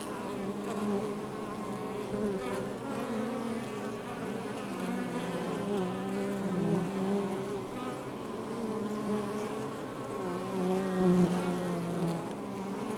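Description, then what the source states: Honey bee buzzing, a long unbroken hum of many wings with wavering tones. Outside the hive.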